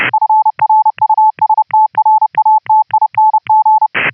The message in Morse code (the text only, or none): FRUSTRATING